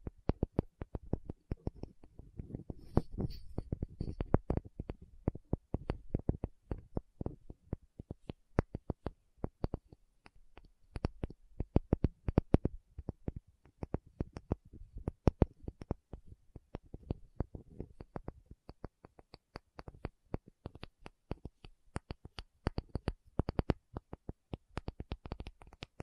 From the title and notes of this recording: ASMR 1 Hour Tapping Session (No Talking).